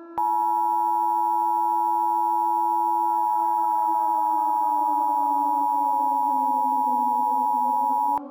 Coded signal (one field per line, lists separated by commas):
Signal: Emergency Alert System (SAME) tones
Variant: 853 and 960 Hz attention tone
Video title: EAS Scenario - Pikwik Pack